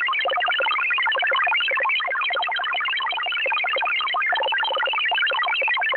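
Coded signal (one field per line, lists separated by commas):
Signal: multi-tone FSK (Olivia or MFSK type)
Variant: XPB 16-tone MFSK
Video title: Russian XPB MFSK number station at 13447 kHz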